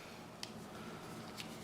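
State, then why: Not seated. A folding knife blade is handled in its handle, which uses a metal liner lock to hold the blade open. Two brief, faint ticks sound at about 0.4 and 1.4 seconds over low steady background noise. The blade has not locked into place yet; nothing has seated or clicked by the end of the clip.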